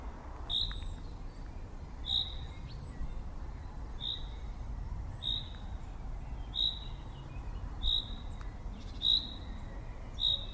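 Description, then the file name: Common chaffinch giving short, bright, sharp call notes, repeated roughly every one to one and a half seconds, about eight in all, over low rumbling background noise. "Fringilla coelebs"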